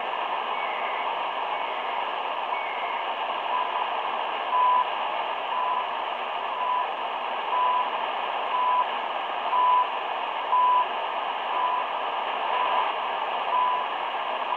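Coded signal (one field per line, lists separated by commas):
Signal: radio time signal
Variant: CHU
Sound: short 1 kHz beeps, about one per second, some seconds skipped, over steady hiss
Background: radio static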